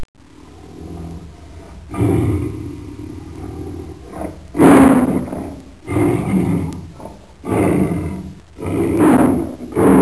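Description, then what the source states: Tiger growling in a series of deep, rasping bursts, each a second or two long, with louder roaring surges near the middle and end. Female tiger.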